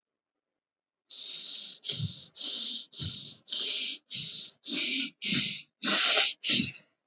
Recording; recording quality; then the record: shallow breathing; excellent, no background noise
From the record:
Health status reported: healthy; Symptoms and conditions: none ticked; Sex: male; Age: 19 years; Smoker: not ticked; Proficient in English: yes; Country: India